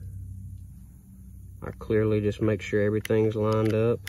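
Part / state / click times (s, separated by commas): pin being aligned into a pistol frame / not seated / none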